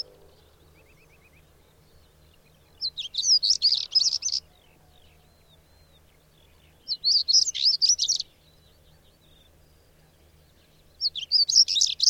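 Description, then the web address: Bird singing three dense phrases of sharp, high chirps and trills, spaced about four seconds apart, with a low humming background. "madarak enek"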